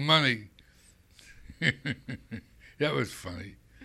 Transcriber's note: laughs